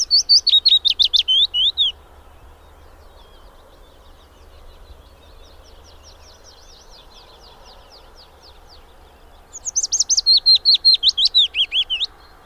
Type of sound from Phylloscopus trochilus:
song